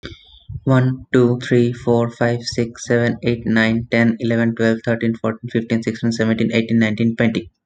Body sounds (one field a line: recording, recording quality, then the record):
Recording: counting at a fast pace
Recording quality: excellent, no background noise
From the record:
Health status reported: respiratory illness, not identified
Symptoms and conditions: asthma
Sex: male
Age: 26 years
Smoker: not ticked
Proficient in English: yes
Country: India